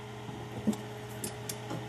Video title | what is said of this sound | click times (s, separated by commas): DIY: Nissan Rogue Front Brake Job & Caliper Swap [HD] | so you get your click. | 1.2 s, 1.5 s